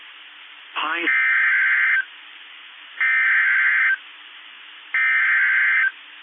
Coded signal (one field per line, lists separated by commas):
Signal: Emergency Alert System (SAME) tones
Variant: header bursts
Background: speech